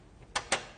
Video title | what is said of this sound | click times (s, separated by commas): BuyTV Review of the Antec P180 Advanced Super Mid ATX Tower | it just pops right in like that you close it and you're good to go | 0.4 s, 0.5 s